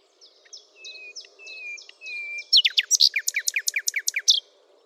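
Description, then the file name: Common nightingale song: soft, thin notes and drawn-out whistles building into a loud series of many sharp, rapidly repeated notes. "Luscinia megarhynchos"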